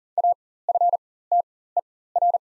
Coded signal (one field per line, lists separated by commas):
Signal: Morse code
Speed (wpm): 38 wpm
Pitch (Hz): 700 Hz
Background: none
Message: AFTER